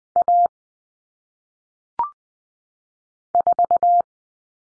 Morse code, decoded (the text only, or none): A 4